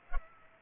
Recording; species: mosquito wingbeat signal from an infrared sensor; Culex pipiens